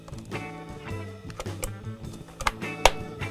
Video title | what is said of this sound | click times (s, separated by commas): Guitarist - Mount Your Wah Pedal To Your Pedalboard with PEDALOCK | you'll hear it click hear it click in place | 2.4 s, 2.5 s, 2.9 s